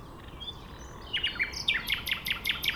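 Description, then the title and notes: Nightingale song begins as soft, thin notes, then breaks into a loud, rapid series of sharp repeated chips, over a steady low rumble of background noise. Sings in a bush between the railway and the shore of Lac du Bourget, Entrelacs, France, unafraid of passing trains; road traffic on the RD991 nearby. "D991, 73410 Entrelacs, France - Rossignol ferroviaire. Un rossignol chante dans un buisson entre la voie ferrée et les bords du lac du Bourget nullement effrayé par les passages de trains"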